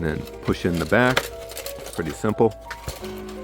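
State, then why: Not seated. The back of the plastic chair from a NECA Bride of Frankenstein Ultimate Frankenstein's Monster toy display is being pushed into its plastic display base while someone talks over background music. Nothing has seated or clicked yet; the clip ends before the back goes home.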